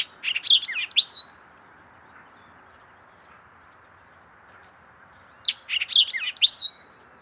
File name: White-eyed Vireo - Vireo griseus